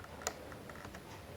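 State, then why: Seated. A raised pop-up flash head on a Nikon D5200 DSLR is pressed down by hand into the camera body housing. It latches shut with a sharp click at 0.3 s, surrounded by a few fainter ticks. The flash is now seated closed.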